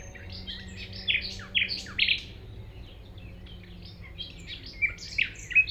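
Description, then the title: Common nightingale song: loud emphatic whistles and chips in quick succession, a softer pause, then more varied notes; low engine-like hum in the background. Singing in tall grass at Chindrieux, France; recordist approaching on foot; deaf to outside noise while singing; airliners and an accelerating vehicle on a road also present. "195 Rue de Vars, 73310 Chindrieux, France - approche d'un rossignol"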